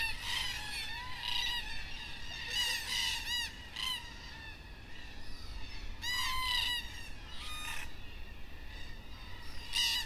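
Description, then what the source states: Black cockatoos giving loud grating, quavering screeches in bursts with brief pauses, over a low background rumble. Black cockatoos at dusk in Perth.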